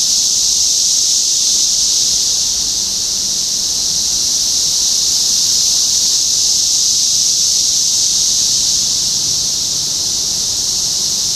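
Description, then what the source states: Cicadas droning in an unbroken high-pitched hiss. Recorded in Topeka, Kansas, on 14 June 2015.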